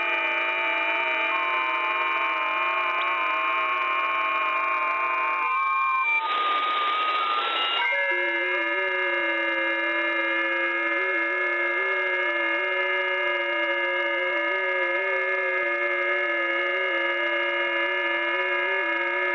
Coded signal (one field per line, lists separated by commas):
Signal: FT8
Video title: RK5A002SWL - Receiving FT8 signals 28MHz - JTDX+WebSDR [SWL]